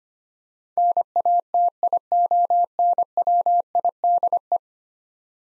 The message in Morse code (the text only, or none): NATIONWIDE